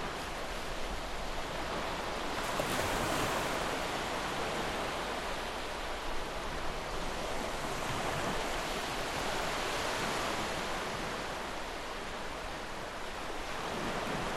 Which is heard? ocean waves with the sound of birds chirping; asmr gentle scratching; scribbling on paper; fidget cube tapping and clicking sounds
ocean waves with the sound of birds chirping